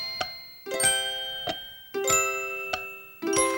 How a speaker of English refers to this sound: Hickory dickory dock, four mice ran up the clock. The clock struck four.